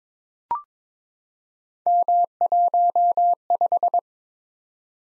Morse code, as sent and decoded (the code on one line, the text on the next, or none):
-- .---- .....
M15